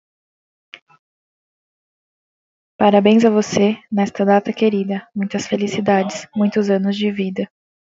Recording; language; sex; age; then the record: short text; Brazilian Portuguese; female; 20 to 29 years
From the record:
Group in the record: control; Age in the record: 25 years